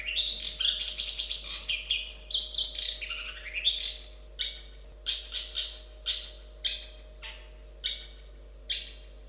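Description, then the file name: Long-tailed shrike song: varied scratchy warbled phrases at first, then short bright notes repeated about every half second, with a steady low hum underneath. "suara burung cendet"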